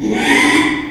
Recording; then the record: squeal of a Yucatan mini pig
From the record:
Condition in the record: after surgery on the right vocal fold (resection and tissue-engineered implant); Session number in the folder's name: 3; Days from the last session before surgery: 33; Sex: male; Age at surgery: 12 weeks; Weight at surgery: 13 kg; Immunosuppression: cyclosporine, prednisolone